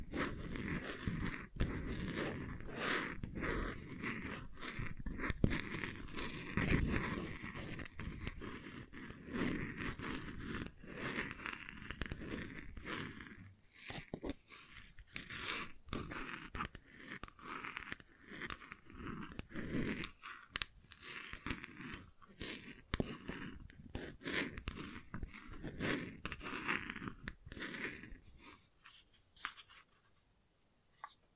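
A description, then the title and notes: Gentle scratching, a dense run of soft rasping strokes and small crunchy clicks that keeps going with frequent sharp ticks throughout. It grows quieter after about fourteen seconds and fades near the end. ASMR Gentle Scratching You Will Fall Asleep To (No Talking).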